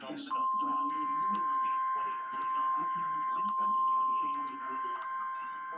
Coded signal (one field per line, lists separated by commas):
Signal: Emergency Alert System (SAME) tones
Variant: 1050 Hz attention tone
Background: speech